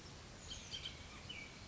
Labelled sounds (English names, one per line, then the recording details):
Bullock's Oriole
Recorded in Sonoma County, California